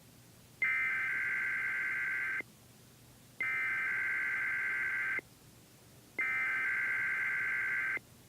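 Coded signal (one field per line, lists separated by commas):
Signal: Emergency Alert System (SAME) tones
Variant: header bursts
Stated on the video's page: Required Weekly Tests received on KDAT.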